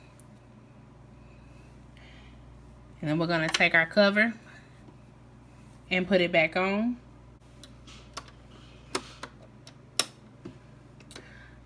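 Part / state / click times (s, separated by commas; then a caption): plastic cover onto sewing machine body / seated / 10.0 s. Someone talks, then a plastic cover is pressed back onto the body of a Brother SE600 sewing/embroidery machine, with a few small handling clicks and taps as it is fitted. A loud, sharp click at 10.0 s marks the cover seating into place.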